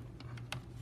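A plastic canopy piece holding a droid figure is pressed onto the body of a toy starfighter model. Two faint ticks at about 0.2 and 0.4 seconds lead up to a louder, sharp plastic snap at 0.5 seconds over a steady low hum, as the canopy piece seats into place.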